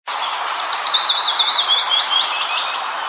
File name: penochka vesnichka